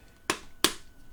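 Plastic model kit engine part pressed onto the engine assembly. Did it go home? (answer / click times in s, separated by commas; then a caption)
yes / 0.3 s, 0.6 s. A plastic engine part from an X-Wing model kit (issue 27) is slid onto the engine assembly and pressed down with considerable force. Two sharp, loud clicks sound at 0.3 s and 0.6 s, and the part is seated.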